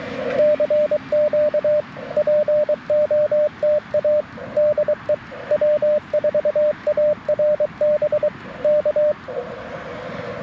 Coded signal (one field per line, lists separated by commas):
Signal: Morse code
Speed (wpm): 23 wpm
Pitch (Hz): 600 Hz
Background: radio noise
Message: CQ POTA DE W4ARB K